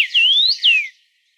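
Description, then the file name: Cassin's finch giving a clear whistled note rising smoothly, then a quick falling slur, all within a second. "Carpodacus Cassinii"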